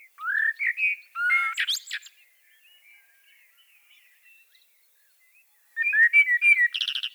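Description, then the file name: Common blackbird singing two phrases: low fluty warbled whistles rising into a squeaky high twitter, then a quiet pause before another whistled phrase ends in shrill chatter. "Turdus merula"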